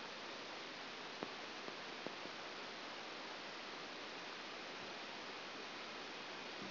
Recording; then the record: brain microelectrode recording played as sound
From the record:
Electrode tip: outside the subthalamic nucleus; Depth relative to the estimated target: 3 mm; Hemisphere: right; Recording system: AlphaMap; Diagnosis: Parkinson's disease